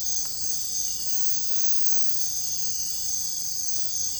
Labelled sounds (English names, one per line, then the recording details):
none
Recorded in dense forest near Puerto Asís, Putumayo, Colombia, on 21 February 2024 at 05:30
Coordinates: 0.487, -76.319
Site G6403